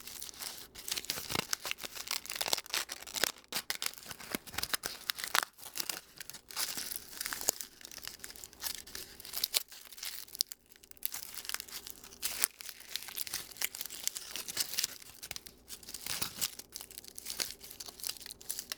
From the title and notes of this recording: Calming Crinkling of Aluminum Foil.